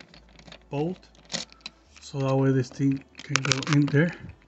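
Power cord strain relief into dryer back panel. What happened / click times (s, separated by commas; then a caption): The cord fitting is handled but has not snapped into the panel yet / none. Someone talks while handling a 3-prong dryer power cord, lining its plastic strain relief fitting up with the hole in the dryer's metal back panel. Faint taps and handling noises come through between the speech. Nothing has seated or clicked yet.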